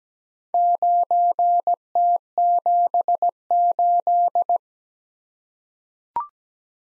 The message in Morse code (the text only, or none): 9T78